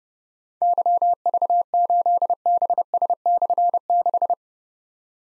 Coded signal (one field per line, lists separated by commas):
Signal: Morse code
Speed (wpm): 28 wpm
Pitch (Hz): 700 Hz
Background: none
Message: YV8BS/6